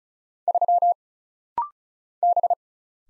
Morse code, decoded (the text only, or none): 3 B